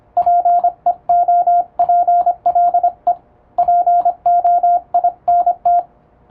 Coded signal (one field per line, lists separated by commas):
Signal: Morse code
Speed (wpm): 25 wpm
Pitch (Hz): 700 Hz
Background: radio noise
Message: PEOPLE POINT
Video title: モールスを高速に打つには！？エレキーを使用するとモールス符号が高速で打てます！欧文モールス符号を打ってみました！YouTubeの再生速度を調整して聴いてみよう(morse code practice)